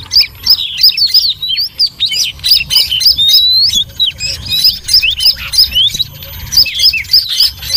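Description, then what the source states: Bird chatter of sharp, high chirps and short upslurred whistles in rapid bursts. Noisy bird sounds used as a lure (pikat) to attract birds.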